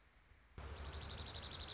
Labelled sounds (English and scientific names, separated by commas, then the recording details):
Dark-eyed Junco (Junco hyemalis)
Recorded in Sonoma County, California